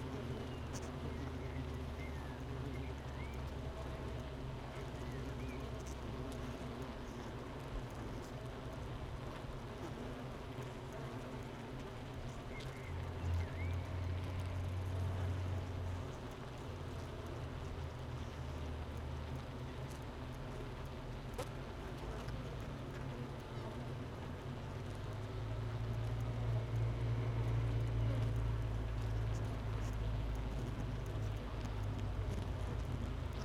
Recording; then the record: honeybee colony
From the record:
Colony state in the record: missing queen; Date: 31 May 2018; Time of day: 8:20